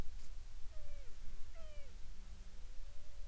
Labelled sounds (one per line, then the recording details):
bird
wind
insects
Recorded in the Prudhoe Bay oil fields, Alaska, on 10 July 2019 at 13:55
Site 14